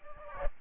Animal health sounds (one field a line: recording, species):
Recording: mosquito wingbeat signal from an infrared sensor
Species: Aedes albopictus